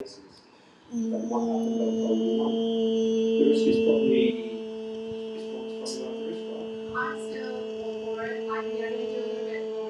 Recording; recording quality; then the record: sustained vowel as in beet; excellent, no background noise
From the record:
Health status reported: healthy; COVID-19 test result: not tested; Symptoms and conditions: none ticked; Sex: female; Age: 54 years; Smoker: not ticked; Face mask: worn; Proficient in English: yes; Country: India